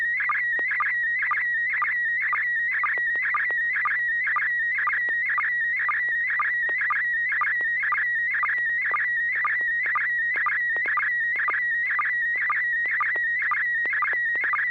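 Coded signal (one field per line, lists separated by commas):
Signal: SSTV (slow-scan television)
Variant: PD120 mode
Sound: warbling high tone stepping around, with short low sync chirps about twice a second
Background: low steady hum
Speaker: joelie are you ready to share an image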